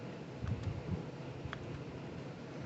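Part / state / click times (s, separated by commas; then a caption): chainsaw component into its seat by the carburetor / seated / 1.5 s. A plastic part of a Poulan Pro 222 38cc chainsaw is slid back into its seat by the carburetor after the bolts are torqued, with low rumbling handling noise and a soft knock at 0.5 s. It snaps down into place at the bottom with a sharp click at 1.5 s, seating fully.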